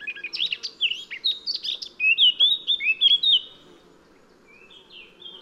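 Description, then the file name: Eurasian blackcap song: a rapid warbling run of varied chirps building into loud, clear fluted whistles, then a pause and a softer trailing phrase. "Sylvia atricapilla"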